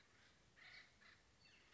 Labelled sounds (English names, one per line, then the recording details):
Acorn Woodpecker
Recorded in Sonoma County, California